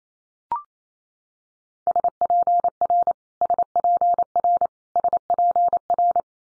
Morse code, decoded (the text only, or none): SPR SPR SPR